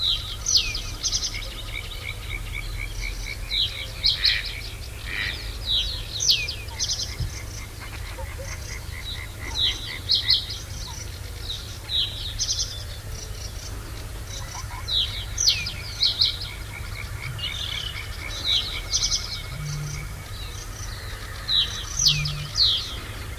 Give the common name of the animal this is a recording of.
Reed Bunting